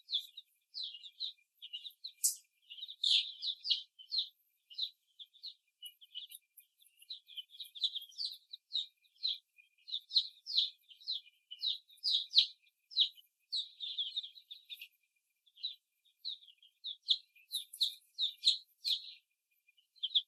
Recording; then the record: young laying hens in a cage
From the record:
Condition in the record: before the stressor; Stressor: simulated dog barking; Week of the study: 1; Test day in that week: 2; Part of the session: 3